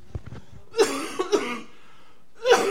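A man coughs in a short run of three or four harsh, dry bursts, with a pause before the last one. The coughs sound like throat irritation that water hasn't eased. Faint room noise fills the gaps.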